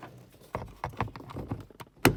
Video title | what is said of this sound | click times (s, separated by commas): Replace Acura MDX auto-dimming rear view 2005 2006 2007 2008 | There we go, and I heard it pop, so I know that it's locked into place. | 2.1 s